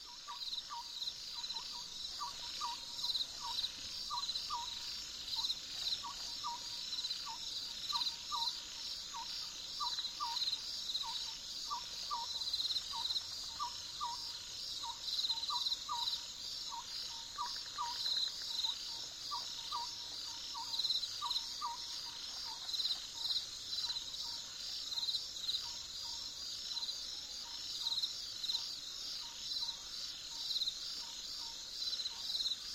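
A dense, steady high insect trill runs throughout, while soft, short low calls, perhaps the distant cuckoos, repeat regularly until about 23 seconds.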